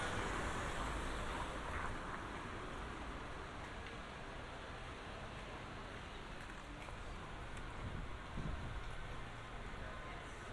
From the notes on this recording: A binaural field recording from this past June in Amsterdam